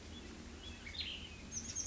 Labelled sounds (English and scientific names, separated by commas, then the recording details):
Cassin's Vireo (Vireo cassinii)
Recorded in Sonoma County, California